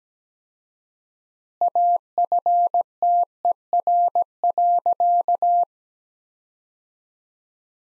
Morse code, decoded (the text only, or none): AFTER.